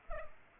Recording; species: mosquito wingbeat signal from an infrared sensor; Culex pipiens